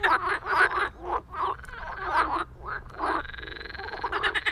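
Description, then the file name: Frog gives throaty, gargling croaks in irregular bursts, then a steady buzzing rattle. "Frogs 01"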